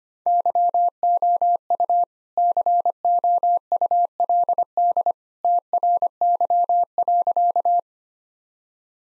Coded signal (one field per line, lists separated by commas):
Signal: Morse code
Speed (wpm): 25 wpm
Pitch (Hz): 700 Hz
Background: none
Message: YOU COULD TRY.